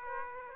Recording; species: mosquito wingbeat signal from an infrared sensor; Aedes aegypti